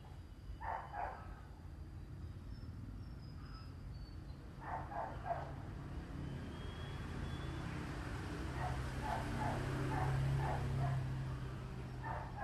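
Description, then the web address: Domestic dog barking in short runs of two or three, then a longer series, under a heavy low engine-like rumble. Dogs in a village in Vietnam, 2019. "travelogue 2019 Vietnam village dogs"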